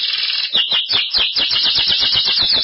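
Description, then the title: Belgian canary singing fast, unbroken chattering trills and rolls at high pitch, with harsh low-frequency crackling throughout. "Canario Belga"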